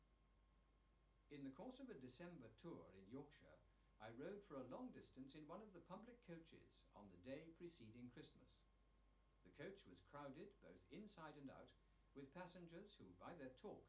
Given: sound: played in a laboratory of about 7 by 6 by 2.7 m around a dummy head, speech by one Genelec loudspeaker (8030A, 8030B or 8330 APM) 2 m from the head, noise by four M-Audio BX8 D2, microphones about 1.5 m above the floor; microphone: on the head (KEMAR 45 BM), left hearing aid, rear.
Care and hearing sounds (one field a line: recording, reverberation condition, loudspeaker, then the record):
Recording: male speech in English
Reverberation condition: low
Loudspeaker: 150 degrees to the right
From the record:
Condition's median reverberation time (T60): about 310 ms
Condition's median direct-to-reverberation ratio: about 3.5 dB